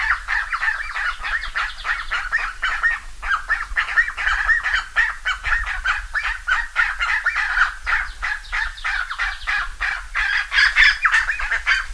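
Bird calls, a crowded flock of harsh honks and yelps tumbling over one another rapidly and unevenly throughout, over a steady low background rumble.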